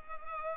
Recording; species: mosquito wingbeat signal from an infrared sensor; Culex pipiens